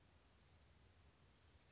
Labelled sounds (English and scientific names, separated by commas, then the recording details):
Oak Titmouse (Baeolophus inornatus)
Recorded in Sonoma County, California